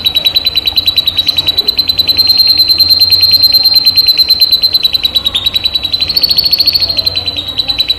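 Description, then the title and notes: Canary song: one steady, very rapid high trill held throughout, with a brief slight rise in pitch near the end. Canary 'masteran' tutor recording, made to stimulate birds to sing more intensely; local name kenari. "PANCINGAN SUARA MASTERAN KENARI BIKIN BURUNG MAKIN MENGGILA. masteran kicau kenari"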